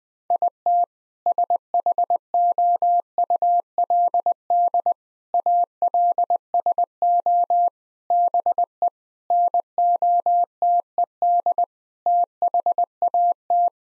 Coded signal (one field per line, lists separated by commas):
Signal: Morse code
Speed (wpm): 20 wpm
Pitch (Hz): 700 Hz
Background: none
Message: IT SHOULD ALSO BE NOTED THAT